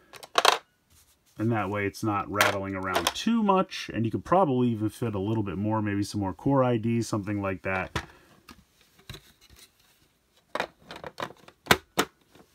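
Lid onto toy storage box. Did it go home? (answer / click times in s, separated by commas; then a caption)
yes / 11.7 s. A lid with plastic tabs is closed onto a cardboard toy storage box packed with extra items and pressed down. After someone talks, a few light taps and clicks are heard, and then the lid snaps into place at 11.7 s, with another click just after.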